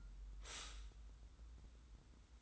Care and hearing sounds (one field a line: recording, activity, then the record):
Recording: daily activity, microphone in the room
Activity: stop toaster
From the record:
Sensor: 3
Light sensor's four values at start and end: 42/99/40/38 and 42/99/40/38